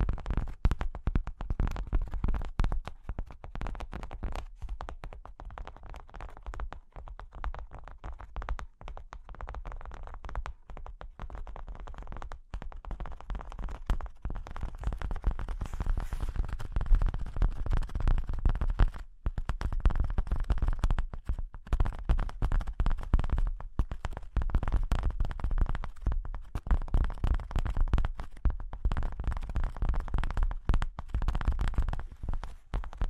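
Fingers tap, scratch and trace across cork and wood in a dense, continuous run of small dry contacts. Quick taps cluster irregularly over a steady rustling scrape, with brief gaps throughout, and the activity grows slightly fuller after the midpoint.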